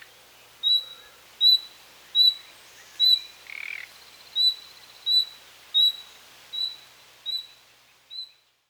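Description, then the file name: Common nightingale giving a steady series of brief, sharp high whistles, with one short harsh rasp midway. "Luscinia megarhynchos"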